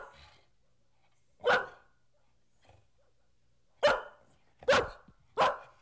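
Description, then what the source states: Dog lets out four loud, harsh barks, one alone and then three in close succession. Medium-sized dog barking, in three variants of bark.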